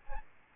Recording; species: mosquito wingbeat signal from an infrared sensor; Aedes albopictus